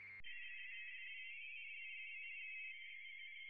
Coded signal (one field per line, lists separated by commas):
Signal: RTTY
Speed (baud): 45.45 baud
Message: A7WW QRZ?